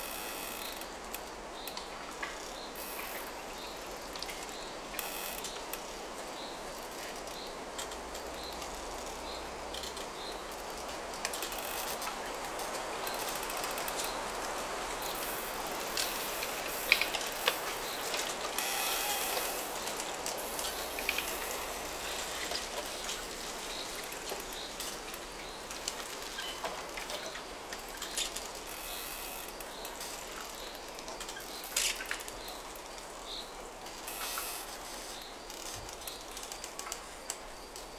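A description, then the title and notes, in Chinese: Strong wind rushes through dry, dead trees in a forest, a dense steady hiss filled with fine crackling and rattling of brittle branches. A stronger gust builds from about twelve seconds and eases after twenty, with sharper creaks and clicks scattered throughout. 大风吹过森林中干枯树木的声音。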